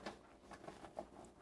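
A PC power cable connector is pushed by hand into its socket on a PC, with soft handling noise and a short sharp click at 1.0 s. The connector does not go all the way in and remains not fully seated. No one talks in this clip.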